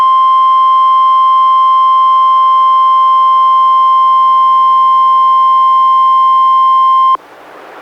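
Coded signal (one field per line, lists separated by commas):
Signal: Emergency Alert System (SAME) tones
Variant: 1050 Hz attention tone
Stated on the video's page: NOAA Weather Radio Required Weekly Test, first sent with an unrecognized code then corrected, relayed from Astoria, recorded directly from a Reecom R-1630 weather radio.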